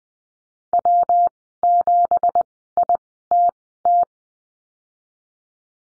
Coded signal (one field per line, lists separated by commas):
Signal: Morse code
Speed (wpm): 20 wpm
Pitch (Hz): 700 Hz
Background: none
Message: W7ITT